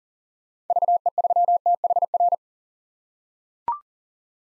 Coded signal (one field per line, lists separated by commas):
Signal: Morse code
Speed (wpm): 40 wpm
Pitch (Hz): 700 Hz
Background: none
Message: VE3THR